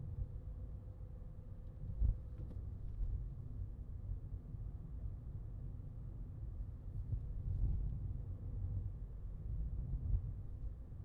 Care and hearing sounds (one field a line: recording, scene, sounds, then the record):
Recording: everyday scene through a hearing-aid microphone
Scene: in a vehicle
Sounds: engine, highway traffic jam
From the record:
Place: Skoda Fabia, gasoline engine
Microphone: in the ear canal, left